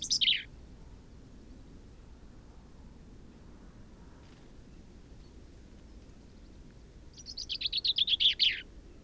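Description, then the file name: Common chaffinch song: the tail of one phrase at the start, then after a long quiet gap a full rattling phrase that drops in pitch to a louder ending, over steady low rumble. "Fringilla coelebs"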